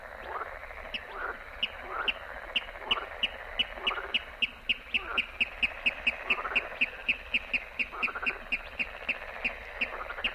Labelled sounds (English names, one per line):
Water Rail